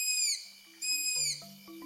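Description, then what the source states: Striped Owl giving two high, slightly descending whistled screams, with soft low tones beneath. Eerie screech; the species is known for diverse calls including deep hoots and eerie screeches.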